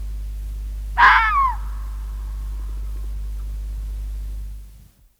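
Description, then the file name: Red fox call: one loud, rasping scream that falls in pitch and fades quickly, followed by a steady low hum that stops near the end. "Rode vos - Sound Cloud - Beeld en Geluid"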